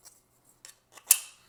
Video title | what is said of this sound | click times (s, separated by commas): Fifne M9 Mic Handle And Flag System 3D Printing Project | and it will snap into place it's very satisfying and it's going to stay there | 1.1 s